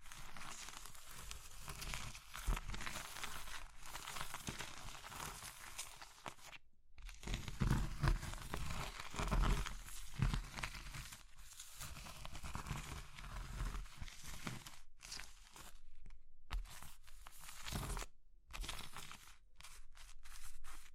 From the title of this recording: Oddly Satisfying Crushing Triggers Soap, Chalk, Meringue, Pastel